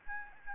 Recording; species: mosquito wingbeat signal from an infrared sensor; Aedes albopictus